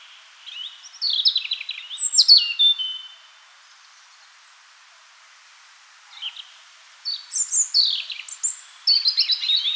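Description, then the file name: European robin song: two phrases of high tinkling whistles and trills, separated by a few seconds of quiet. "Rotkehlchen"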